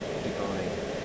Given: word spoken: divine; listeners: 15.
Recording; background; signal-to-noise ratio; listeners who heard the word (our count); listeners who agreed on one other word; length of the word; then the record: one English word in noise, from a listening test; speech-shaped noise; -4.2 dB; 3 of 15; 8 of 15; 0.65 s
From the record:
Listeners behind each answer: 8, 3, 1, 1, 1, 1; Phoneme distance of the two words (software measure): 10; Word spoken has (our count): 2 syllables, 5 phonemes, stress on syllable 2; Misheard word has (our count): 2 syllables, 5 phonemes, stress on syllable 2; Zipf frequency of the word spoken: 3.92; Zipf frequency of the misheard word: 4.05